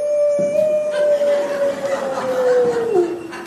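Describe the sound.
A wolf lets out one long, steady howl that holds a fairly even mid-high pitch for about three seconds, then slides downward at the end, with no talking.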